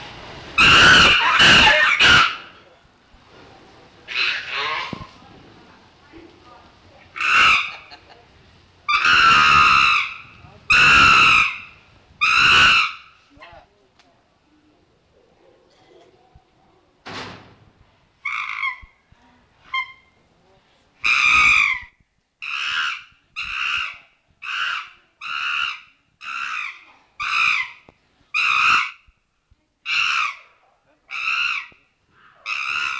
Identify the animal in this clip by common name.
Chimpanzee